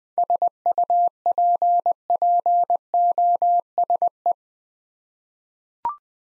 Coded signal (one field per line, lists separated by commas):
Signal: Morse code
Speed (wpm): 21 wpm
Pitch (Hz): 700 Hz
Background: none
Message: SUPPOSE